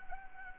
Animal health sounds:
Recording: mosquito wingbeat signal from an infrared sensor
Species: Anopheles gambiae

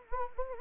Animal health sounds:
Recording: mosquito wingbeat signal from an infrared sensor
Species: Anopheles arabiensis

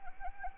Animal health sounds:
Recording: mosquito wingbeat signal from an infrared sensor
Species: Anopheles arabiensis

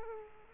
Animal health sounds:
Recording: mosquito wingbeat signal from an infrared sensor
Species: Culex quinquefasciatus

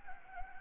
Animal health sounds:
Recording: mosquito wingbeat signal from an infrared sensor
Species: Anopheles gambiae

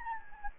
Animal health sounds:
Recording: mosquito wingbeat signal from an infrared sensor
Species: Anopheles gambiae

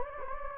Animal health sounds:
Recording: mosquito wingbeat signal from an infrared sensor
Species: Anopheles gambiae

